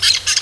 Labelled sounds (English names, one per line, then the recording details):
Brown-throated Parakeet contact call
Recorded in Venezuela
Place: Guárico; Corozopando; Fundo La Fe
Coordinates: 8.506, -67.593